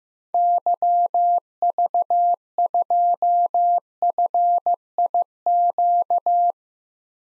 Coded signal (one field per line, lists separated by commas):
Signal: Morse code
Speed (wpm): 15 wpm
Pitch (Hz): 700 Hz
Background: none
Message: YV2FIQ